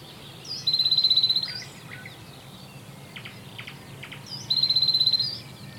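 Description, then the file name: Great tit calling: two bursts of rapid, high, evenly trilled notes about four seconds apart, with a few faint chirps and steady low rumbling noise throughout. "Parus major"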